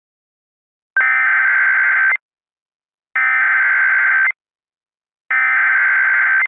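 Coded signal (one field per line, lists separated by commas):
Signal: Emergency Alert System (SAME) tones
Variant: header bursts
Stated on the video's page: Valid EAS tones in a fictional EAS scenario about severe winter weather across the United States.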